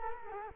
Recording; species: mosquito wingbeat signal from an infrared sensor; Culex quinquefasciatus